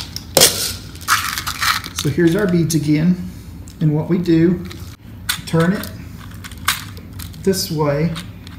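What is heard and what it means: A plastic bead tray part of an Aquabeads Ultimate Design Studio bead kit is handled and turned toward its locked position, with sharp clattering and rattling at the start and more light clicks and taps later while someone talks. Nothing has seated or clicked yet.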